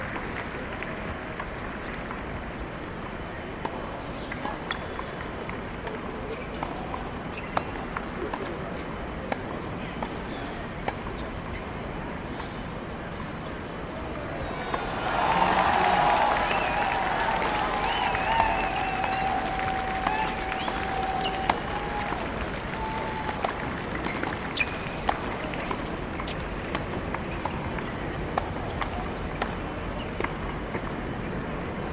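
Crowd murmur at the US Open tennis tournament in New York, a steady bed of chatter dotted with frequent sharp ticks and taps. Around fifteen seconds the crowd swells louder for several seconds, with a sustained tone, before settling back to the earlier hum.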